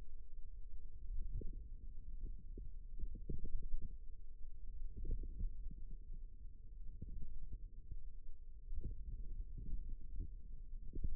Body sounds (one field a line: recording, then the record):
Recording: forearm muscle sounds (acoustic myography)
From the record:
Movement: ulnar deviation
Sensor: system 2, bracelet of six BSWA MPA416 microphones around the upper forearm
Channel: 4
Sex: female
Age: 22 years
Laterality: right